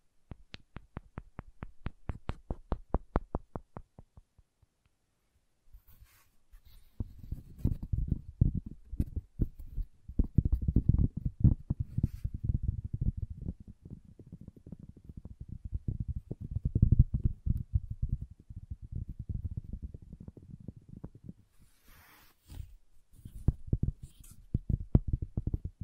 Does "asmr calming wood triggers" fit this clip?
yes